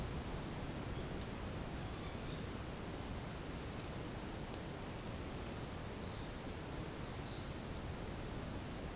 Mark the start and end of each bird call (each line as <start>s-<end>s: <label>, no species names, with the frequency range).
0.94s-2.58s: bird call (0.8-4.1 kHz)
7.17s-7.43s: bird call (3.8-6.2 kHz)